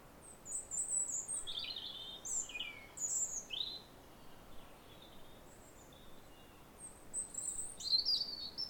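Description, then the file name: European robin singing varied high whistled phrases, with a quieter stretch in the middle before more phrases near the end. "Erithacus rubecula"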